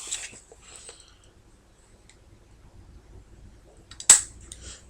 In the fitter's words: push this little button here in. Hear the click.